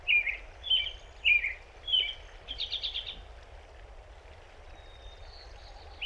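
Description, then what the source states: American robin singing several short whistled caroling phrases, then a brief buzzy chatter and a thin high whistle. Song heard especially early in the morning, described as monotonous but eager; west side of Rocky Mountain National Park, Colorado.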